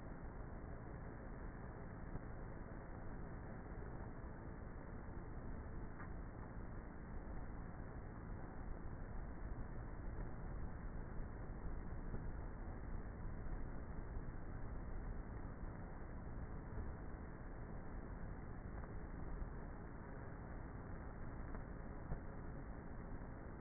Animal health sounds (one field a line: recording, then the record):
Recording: honeybee colony, microphone inside the hive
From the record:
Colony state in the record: queenless with a low population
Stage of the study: before two queens were removed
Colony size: about 30,000 bees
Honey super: no